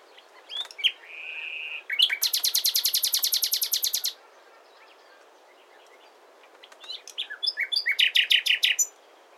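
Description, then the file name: Common nightingale song with a whistled note, a long, fast buzzy rattle lasting about two seconds, a pause, then a crescendo of rapid, sharp repeated notes. "Luscinia megarhynchos"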